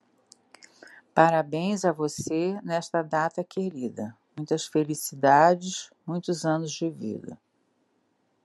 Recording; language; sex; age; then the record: short text; Brazilian Portuguese; female; 60 to 69 years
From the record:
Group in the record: control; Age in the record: 68 years